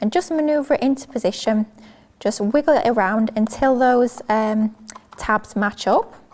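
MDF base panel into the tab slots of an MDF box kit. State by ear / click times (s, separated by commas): not seated / none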